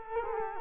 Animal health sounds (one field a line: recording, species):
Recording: mosquito wingbeat signal from an infrared sensor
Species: Culex quinquefasciatus